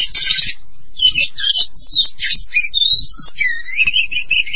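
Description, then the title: Oriental magpie-robin song opening with a loud scratchy burst, then clear whistled notes and smooth rising and falling slurs, ending in sweet drawn-out whistles. "Kacer"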